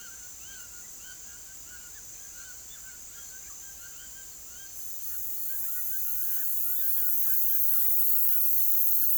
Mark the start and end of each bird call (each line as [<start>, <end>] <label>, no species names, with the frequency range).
[0.00, 8.54] bird call (0.9-3.8 kHz)